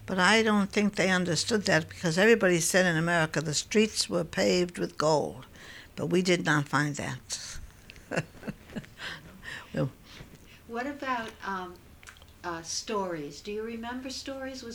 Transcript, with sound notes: But I don't think they understood that, because everybody said in America the streets were paved with gold. But we did not find that. (she laughs)
What about stories? Do you remember stories?